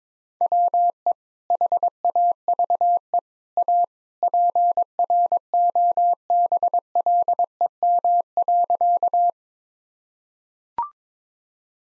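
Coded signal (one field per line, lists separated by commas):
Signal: Morse code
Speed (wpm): 22 wpm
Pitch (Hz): 700 Hz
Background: none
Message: WE HAVE A PROBLEM.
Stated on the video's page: Morse practice at 22 wpm: sentences of common three-word phrases, sent, spoken, then sent again.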